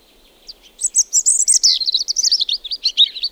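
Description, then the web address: European robin song: a steady, rapid stream of high, silvery warbled notes without a break. "liigid plaat punarind"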